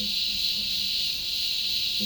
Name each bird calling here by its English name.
none